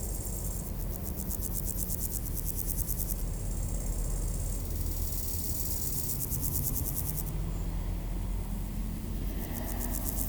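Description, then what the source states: Grasshoppers stridulating in high, finely pulsed bursts lasting a few seconds with gaps, over a steady low rumble of road traffic. Beside the D633 road at Aveize, France, with passing cars; Sony PCM-M10 recorder, AB microphone position.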